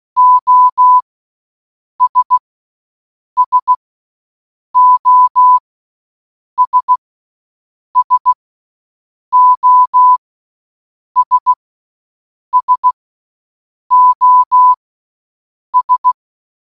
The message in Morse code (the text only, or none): OS SOS SOS SOS